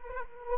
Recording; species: mosquito wingbeat signal from an infrared sensor; Culex quinquefasciatus